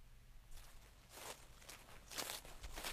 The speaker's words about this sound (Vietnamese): Buổi sáng cuối cùng trong ngôi nhà hoang giữa rừng lá đỏ, lúc tôi đang ngủ, chợt nghe có tiếng bước chân người lao sao ở bên ngoài.